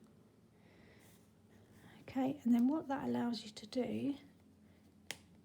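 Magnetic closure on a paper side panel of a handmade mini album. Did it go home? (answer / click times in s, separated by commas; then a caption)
yes / 5.1 s. Someone talks while a paper side panel of a handmade 6x6 envelope mini album, which has a magnet in it, is folded over until the magnets meet. The magnetic closure snaps shut with a sharp click at 5.1 s.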